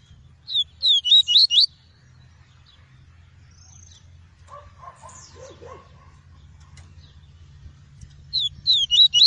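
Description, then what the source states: Double-collared seedeater singing a fast phrase of high whistled notes, then a pause with faint other sounds, and a second phrase at the end. Song of the "tui-tui" variety.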